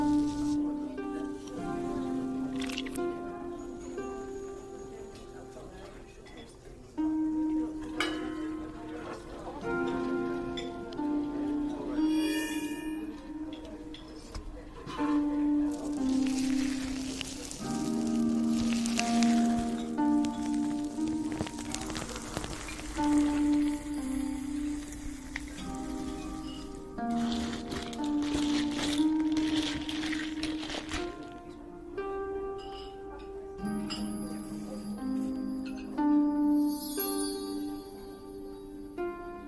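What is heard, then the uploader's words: Fantasy fairy cafe ambience: a slow melody of long, held notes shifts every second or two over a steady patter like light rain. Bright tinkling chimes and glassy clinks sparkle now and then, most clearly near 12 and 37 seconds. Fantasy fairy cafe asmr ambience.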